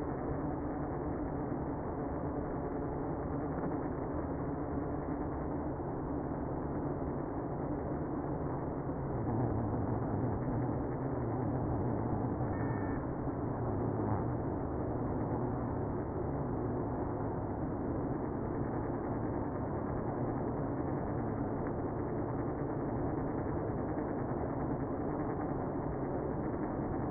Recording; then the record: honeybee colony, microphone inside the hive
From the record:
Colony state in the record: queenless (queen removed); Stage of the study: after two queens were removed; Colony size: about 60,000 bees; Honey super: yes